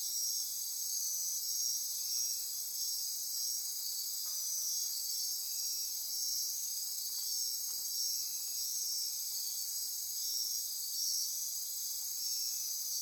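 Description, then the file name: Insects form a thick, even chorus of high-pitched trilling, with occasional faint ticks and short buzzes beneath. Insect chorus recorded at midnight near Corcovado. "Wind-is-the-Original-Radio-Fridays 20240628 Andy-Martin Midnight-Insect-Chorus-Near-Corcovado"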